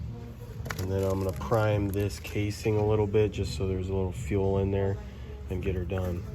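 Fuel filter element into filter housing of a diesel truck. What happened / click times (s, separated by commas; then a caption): The filter element is handled but has not yet snapped into place / none. Someone talks while handling a new fuel filter element for the filter housing of a 2020 Chevy Duramax diesel pickup, getting ready to prime the casing with a little fuel. The filter element has not yet been pressed in, so nothing has seated or clicked into place yet.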